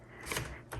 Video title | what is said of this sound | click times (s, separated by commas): Handsome Brown Royal Quiet Deluxe, 1941. (Tutorial Video) | Let's press it forward, hear the click, | 0.3 s